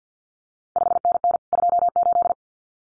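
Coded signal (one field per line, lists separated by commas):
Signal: Morse code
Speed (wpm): 50 wpm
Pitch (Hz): 700 Hz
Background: none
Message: 5NN 28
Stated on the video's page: Randomly selected CQ World Wide contest exchanges sent at 50 wpm for head-copy practice, each sent in Morse, then spoken, then sent again.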